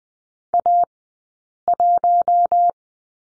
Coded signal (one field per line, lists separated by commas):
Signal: Morse code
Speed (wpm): 19 wpm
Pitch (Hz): 700 Hz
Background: none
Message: A 1